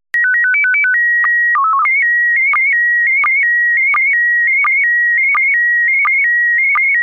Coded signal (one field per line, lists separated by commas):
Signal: SSTV (slow-scan television)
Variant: PD 90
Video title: Slow Scan Radio, Ep. 11, October 17, 2018